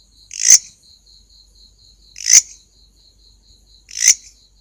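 Grasshopper producing three harsh rasping bursts nearly two seconds apart, over a thin high continuous tone and slight low background noise.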